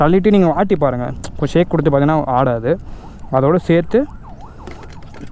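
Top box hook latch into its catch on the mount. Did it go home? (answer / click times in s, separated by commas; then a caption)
no / none. Someone talks while handling the metal hook latch of a 45-liter silver aluminium top box, about to put it into its catch on the mount and lock it. Toward the end, a faint wavering tone rises and falls in the background. Nothing has seated or clicked yet.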